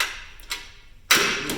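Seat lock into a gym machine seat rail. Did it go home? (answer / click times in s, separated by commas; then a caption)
yes / 1.1 s. A seat on a gym leg machine is slid forward along its seat rail, with a brief scrape at the start and soft ticks around 0.4 and 0.5 seconds. At 1.1 seconds the seat lock engages in the rail with a sharp metallic click, and the seat is locked in place.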